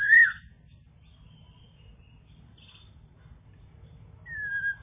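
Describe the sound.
Bird call of two slurred whistles, one at the start and a falling whistle near the end, with silence between.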